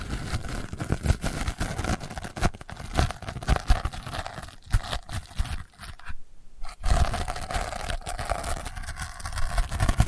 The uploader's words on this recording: ASMR Delicate Scratching for Sleep (No Talking).